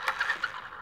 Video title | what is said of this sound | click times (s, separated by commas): Twin Hammers, Shift servo fix - Seb's RC Shop | There you go, it clicked in. | 0.4 s